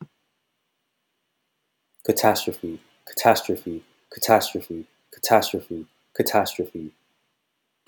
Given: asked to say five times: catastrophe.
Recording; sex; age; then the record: repeated word; male; 40 to 49 years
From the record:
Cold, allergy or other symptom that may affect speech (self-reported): no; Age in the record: 42 years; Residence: California, United States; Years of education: 16